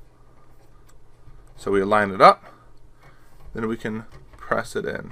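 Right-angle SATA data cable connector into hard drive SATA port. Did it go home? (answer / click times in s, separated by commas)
no / none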